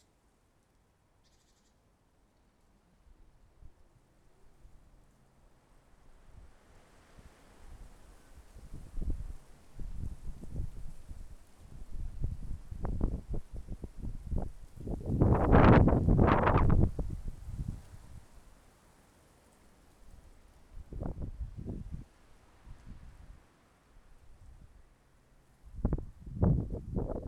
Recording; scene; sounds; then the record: everyday scene through a hearing-aid microphone; wind on the microphone; wind, traffic, birds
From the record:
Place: suburban garden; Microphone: behind the ear, left, rear